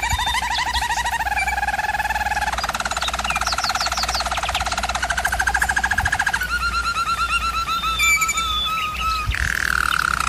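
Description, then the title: German Roller canary song: continuous rolling trills and tours shifting in pitch every few seconds, with a steady low hum underneath. Canary training recording of singing. "German Roller Canary Singing - Canary Training Vid"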